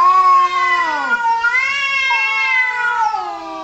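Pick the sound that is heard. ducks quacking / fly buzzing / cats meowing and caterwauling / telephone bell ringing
cats meowing and caterwauling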